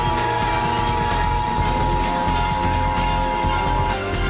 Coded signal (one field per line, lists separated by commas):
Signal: Emergency Alert System (SAME) tones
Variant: 853 and 960 Hz attention tone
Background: music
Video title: EAS Scenario - True Killer